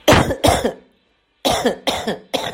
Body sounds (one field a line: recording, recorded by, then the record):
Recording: voluntary cough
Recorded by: messaging app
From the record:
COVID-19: positive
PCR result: self-reported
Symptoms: yes